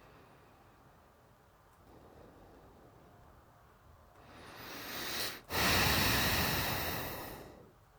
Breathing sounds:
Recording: nose breathing near a microphone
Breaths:
0.00-1.62 s: inhalation
1.62-4.04 s: exhalation
4.04-5.24 s: inhalation
5.24-7.73 s: exhalation
From the record:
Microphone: phone

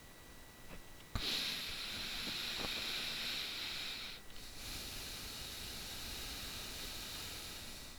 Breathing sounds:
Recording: nose breathing near a microphone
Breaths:
0.91-4.32 s: inhalation
4.32-7.99 s: exhalation
From the record:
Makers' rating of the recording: bad

